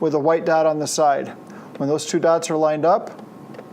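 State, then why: Not seated. An interchangeable lens is lined up by its white dot with the white dot on the bayonet mount of a Nikon D5500 camera body, ready to be turned a little to the left to lock. Someone talks throughout the clip, with no distinct mechanical sounds. Nothing has seated or clicked yet; the lens is not locked when the clip ends.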